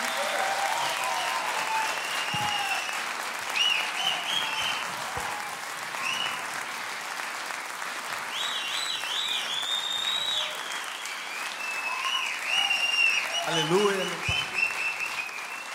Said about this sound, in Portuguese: Dá uma salva de palmas bem forte pra Jesus. Bem forte pra Jesus.